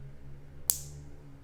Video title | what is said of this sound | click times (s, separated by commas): Montagem do Trilho Motorizado Connect WI-Fi | até ouvir o click | 0.7 s